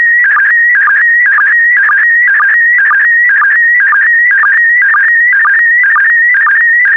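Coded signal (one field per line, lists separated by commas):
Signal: SSTV (slow-scan television)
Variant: PD120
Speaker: 5, 4, 3, 2, 1. Thank you. Transmission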